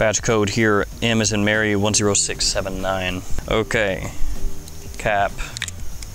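Someone talks while handling a fragrance tester bottle and bringing its cap toward the bottle's neck. Two brief sharp taps are heard near 5.7 and 6.0 seconds, but the clip ends before the cap goes home, so nothing has seated or clicked yet.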